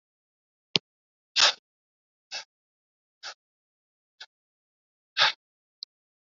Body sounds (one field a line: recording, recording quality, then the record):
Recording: shallow breathing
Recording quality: excellent, no background noise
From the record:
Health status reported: COVID-19 positive, no symptoms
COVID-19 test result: positive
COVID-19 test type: RT-PCR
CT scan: not taken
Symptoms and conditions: none ticked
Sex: male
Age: 38 years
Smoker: no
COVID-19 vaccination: both doses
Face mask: worn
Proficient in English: no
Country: India